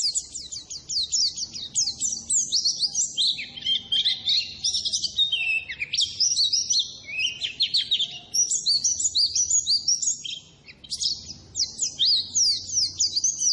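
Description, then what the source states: White-eye song, a long unbroken run of thin, sharp high notes swooping up and down, busy and chattering throughout, with only a brief lull near the end. Masteran training song for cage birds; a gacor (constantly singing) pleci described as ngalas.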